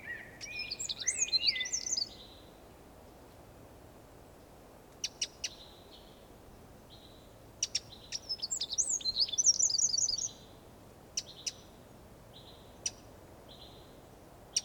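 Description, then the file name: Eurasian wren, hard ticking calls in scattered series, with bursts of high twittering warble at the start and middle and steady flat whistles alongside. "Troglodytes troglodytes"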